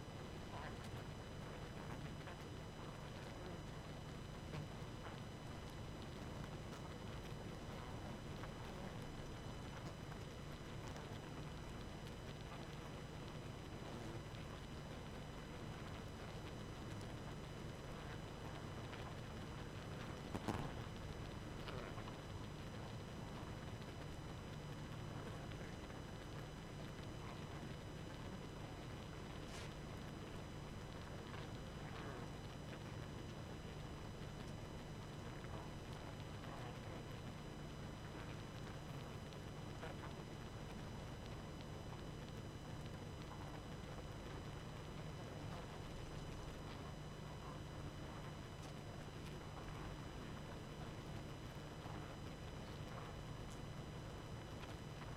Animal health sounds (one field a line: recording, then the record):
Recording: honeybee colony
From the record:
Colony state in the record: active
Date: 12 June 2018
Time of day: 23:06